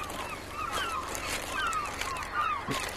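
Seagulls, being offered bread, call over a steady background hiss, several harsh, mid-pitched cries overlapping and sliding downward in pitch, repeating throughout at moderate loudness.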